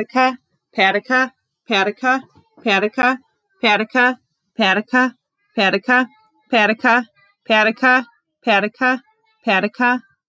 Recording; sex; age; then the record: repeated syllables /pa ta ka/; female; 30 to 39 years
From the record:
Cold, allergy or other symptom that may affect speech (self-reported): no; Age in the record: 30 years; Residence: Michigan, United States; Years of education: 16